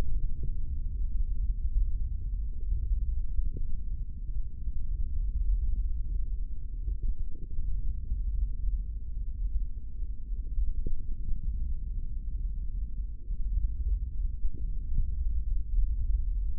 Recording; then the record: forearm muscle sounds (acoustic myography)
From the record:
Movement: index flexion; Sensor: system 3, bracelet of six PUI Audio POM-2738L microphones around the upper forearm, with dedicated amplification and filtering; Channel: 2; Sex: male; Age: 25 years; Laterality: right